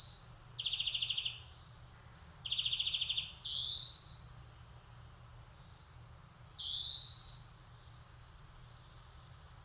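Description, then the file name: European greenfinch giving drawn-out rising buzzy wheezes alternating with short rattling nasal trills, several calls over about ten seconds with brief pauses between. "Chloris chloris"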